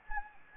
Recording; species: mosquito wingbeat signal from an infrared sensor; Anopheles gambiae